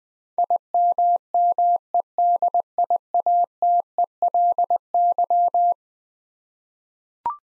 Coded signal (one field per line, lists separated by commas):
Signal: Morse code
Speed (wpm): 20 wpm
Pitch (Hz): 700 Hz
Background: none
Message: IMMEDIATELY